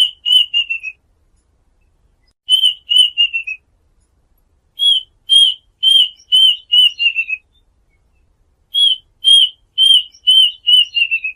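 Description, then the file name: Duck whistled calls, groups of clear whistles that fall in pitch at the end, repeated with short silent gaps between them. Call used to lure ducks. "tieng chim goi vit"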